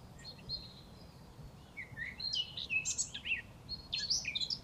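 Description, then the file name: Eurasian blackcap warbling, a run of varied high chirps and twittering notes that grows busier in the second half, over a soft low background rumble. "Sylvia atricapilla"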